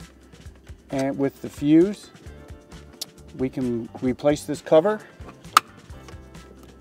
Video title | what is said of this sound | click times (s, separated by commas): How to Install an EcoFlow 800W Alternator Charger in Your RV: Step-by-Step Guide | till it snaps in place | 5.6 s